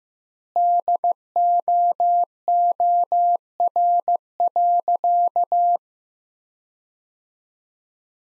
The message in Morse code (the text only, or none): DOOR.